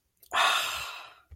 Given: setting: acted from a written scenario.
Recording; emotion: vocal sound without words; contentment